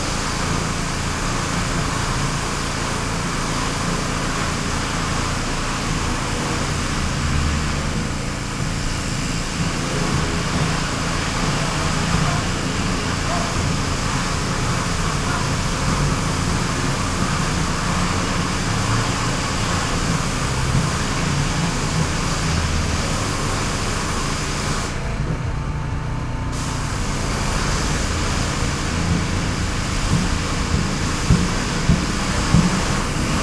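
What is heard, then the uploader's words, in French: A pressure washer runs with a steady, dense hiss over a low engine drone, its spray briefly cutting out around twenty-five seconds. Nettoyeur haute pression. Massy.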